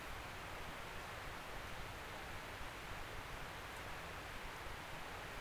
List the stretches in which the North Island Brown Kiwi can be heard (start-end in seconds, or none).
none